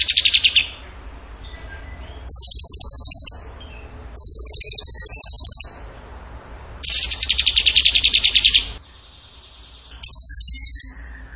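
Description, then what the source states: Bird song: repeated rapid high trills, some lower and falling, coming every two seconds or so with brief gaps between. Masteran training song for birds in the tembakan gacor style.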